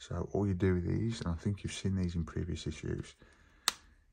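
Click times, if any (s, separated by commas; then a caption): 3.7 s. Someone talks while a plastic tarpaulin top piece is pressed by hand, without glue, onto the hull of a scale model lifeboat for an RMS Titanic model build. A single sharp click is heard at 3.7 s as the top snaps into place and holds on.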